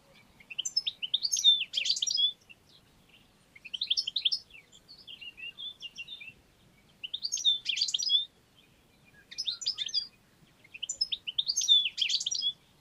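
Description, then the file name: European goldfinch producing repeated short bursts of high, tinkling, buzzy twitters, about five phrases spaced a second or two apart, with a brief trill between. "Carduelis carduelis"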